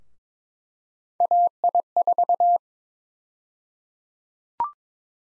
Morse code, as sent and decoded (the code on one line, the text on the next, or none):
.- .. ....-
AI4